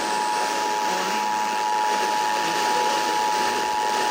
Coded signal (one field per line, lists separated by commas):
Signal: Emergency Alert System (SAME) tones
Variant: 853 and 960 Hz attention tone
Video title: EAS #2875 Severe Thunderstorm Warning